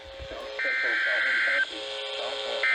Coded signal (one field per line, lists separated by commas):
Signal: Emergency Alert System (SAME) tones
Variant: header bursts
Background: speech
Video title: Evening Storms & Classic Midlands | EAS Alerts from July 21, 2022 (EAS#703-738)